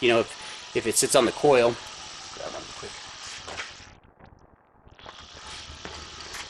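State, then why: Seated. Someone talks while a spark plug wire terminal, its rubber boot pulled back, is pushed onto an ignition coil pack post on a C6 Z06 during a twin-turbo installation. After some faint handling noises, a sharp click at 5.9 s marks the terminal snapping on and seating on the coil.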